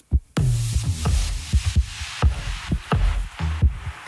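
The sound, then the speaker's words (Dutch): An actress's heartbeat recorded through a stethoscope-like microphone: steady, deep thumping pulses, roughly two per second, over a constant low whooshing hiss. “Dit is de hartslag van Jacqueline Blom, actrice.”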